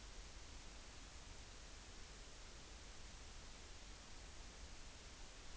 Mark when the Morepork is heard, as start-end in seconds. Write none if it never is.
none